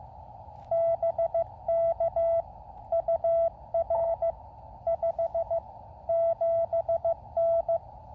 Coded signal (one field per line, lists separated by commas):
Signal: Morse code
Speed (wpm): 16 wpm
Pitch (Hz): 690 Hz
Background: none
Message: BK UR 57N